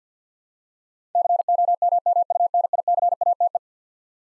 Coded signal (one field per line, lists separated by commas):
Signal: Morse code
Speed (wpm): 50 wpm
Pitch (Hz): 700 Hz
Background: none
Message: COMMUNICATE